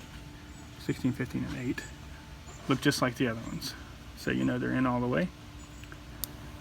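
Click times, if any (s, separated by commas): 6.2 s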